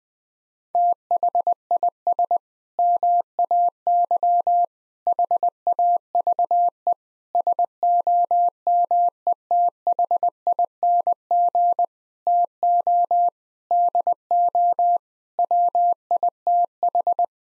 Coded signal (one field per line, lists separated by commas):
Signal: Morse code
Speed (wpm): 21 wpm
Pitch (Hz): 700 Hz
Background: none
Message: THIS MAY HAVE SOMETHING TO DO WITH